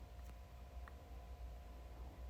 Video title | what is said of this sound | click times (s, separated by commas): How to build the Baby Starts Bouncer Flamingo! 🦩👶 #AmazonFinds #Baby #HowTo #BabyRegistry | and make sure it clicks in, | 0.9 s